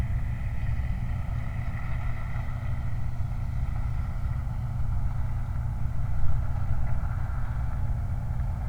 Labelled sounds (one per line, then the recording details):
truck
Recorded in the Prudhoe Bay oil fields, Alaska, on 29 July 2019
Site 29